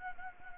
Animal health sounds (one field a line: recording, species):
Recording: mosquito wingbeat signal from an infrared sensor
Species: Anopheles gambiae